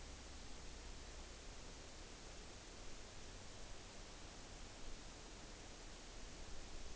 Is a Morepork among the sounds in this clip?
no